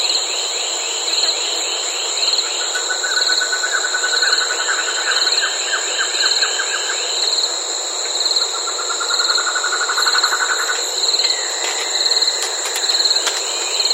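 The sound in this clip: Bird sounds: a series of falling slurred notes and two long rapid trills, set against a continuous high whine.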